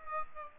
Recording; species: mosquito wingbeat signal from an infrared sensor; Aedes aegypti